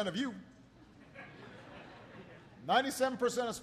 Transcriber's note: laughter